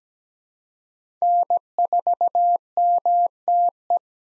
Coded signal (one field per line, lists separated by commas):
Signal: Morse code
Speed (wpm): 17 wpm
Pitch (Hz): 700 Hz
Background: none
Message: N4MTE